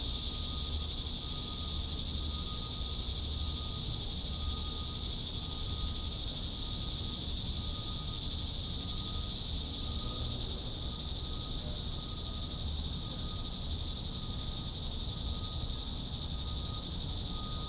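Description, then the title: Cicadas produce a long, unvarying high buzzing chorus, steady throughout, with a faint sustained whistle-like tone beneath. Several cicadas. "neoscenes: cicadas"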